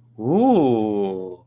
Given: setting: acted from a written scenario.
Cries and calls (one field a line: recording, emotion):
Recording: vocal sound without words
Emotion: realization